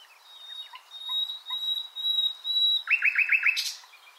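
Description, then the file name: Common nightingale song: a long, thin steady whistle with soft notes beneath, ending in a quick run of five repeated rolling notes and a buzzy burst. "Luscinia megarhynchos"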